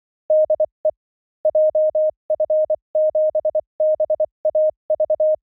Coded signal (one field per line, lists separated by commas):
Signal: Morse code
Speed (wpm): 24 wpm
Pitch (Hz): 620 Hz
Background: none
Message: DE JF7BAV